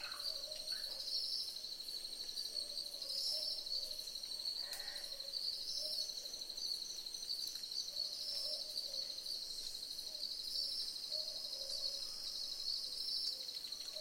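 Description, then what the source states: Boobook owl giving low double hoots at irregular intervals beneath a loud, continuous high-pitched insect chorus. Several boobook owls calling together in a chorus.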